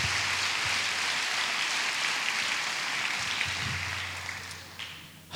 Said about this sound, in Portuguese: Uma salva de palmas para o grande vencedor. Parabéns.